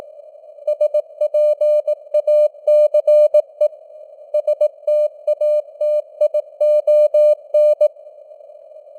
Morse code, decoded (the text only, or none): SPACE STATION